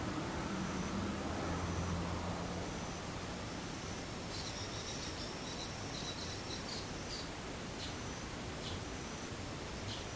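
Daytime insects over a constant, even hiss. High, thin insect buzzing comes and goes, growing thicker from about four to seven seconds, then returning in brief bursts near the end. A low droning hum sits underneath during the first three seconds.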